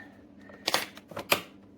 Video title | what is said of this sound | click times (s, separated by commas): Review SiFENE Coffee Machine 3 in 1 Single Serve Coffee Maker Personal Brewer for K-Pod Capsule Loos | shut it till it snaps. | 0.7 s, 1.3 s